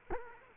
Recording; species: mosquito wingbeat signal from an infrared sensor; Culex quinquefasciatus